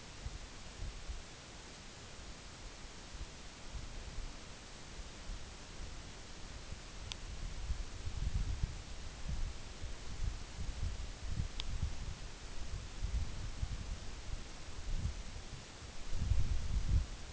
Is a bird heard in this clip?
no